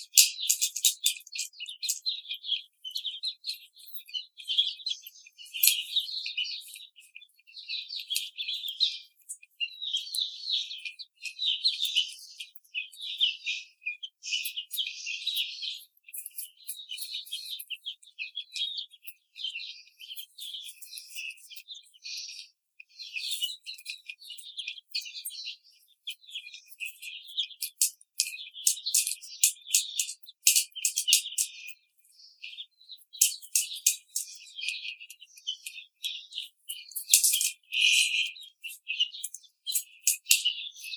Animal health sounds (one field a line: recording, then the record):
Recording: young laying hens in a cage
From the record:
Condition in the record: treatment cage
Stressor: simulated dog barking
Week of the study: 5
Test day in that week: 1